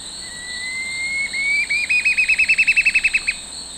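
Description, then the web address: Curve-billed Scythebill song: a long thin whistle rising slowly, then breaking into a rapid, even series of sharp notes, over a steady high hum. Song from the eastern lowlands of South America. "Natures Songs S America Eastern Lowlands. Campylorhamphus procurvoides, song"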